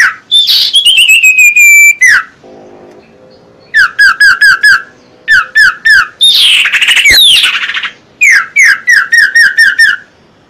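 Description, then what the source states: Common iora song: a long steady whistle, then bursts of quick repeated whistled notes broken by harsh buzzy chatter, with short pauses between phrases. Whistled song used as a lure (pancingan) for catching birds.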